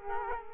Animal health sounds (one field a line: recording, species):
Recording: mosquito wingbeat signal from an infrared sensor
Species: Culex quinquefasciatus